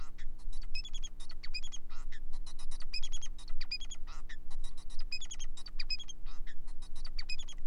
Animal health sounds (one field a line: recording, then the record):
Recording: song of a male Bengalese finch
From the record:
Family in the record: son of father 4